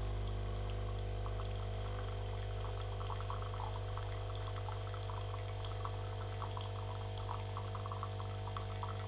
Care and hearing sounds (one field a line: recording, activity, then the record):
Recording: daily activity, microphone in the room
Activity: make coffee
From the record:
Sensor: 4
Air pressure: 1005.0 hPa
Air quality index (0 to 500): 186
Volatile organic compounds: 5 ppm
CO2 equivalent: 1822 ppm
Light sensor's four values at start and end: 19/62/23/22 and 19/63/23/22